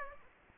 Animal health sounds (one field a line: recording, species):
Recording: mosquito wingbeat signal from an infrared sensor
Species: Aedes aegypti